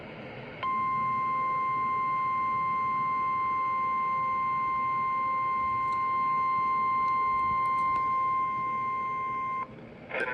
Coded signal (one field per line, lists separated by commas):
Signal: Emergency Alert System (SAME) tones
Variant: 1050 Hz attention tone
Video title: EAS Alerts from the 2022 Arizona Monsoon Season (Phoenix)